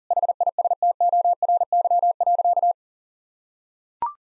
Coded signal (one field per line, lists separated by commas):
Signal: Morse code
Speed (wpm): 37 wpm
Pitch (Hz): 700 Hz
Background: none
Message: HISTORY.